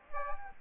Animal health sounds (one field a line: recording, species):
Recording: mosquito wingbeat signal from an infrared sensor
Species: Aedes aegypti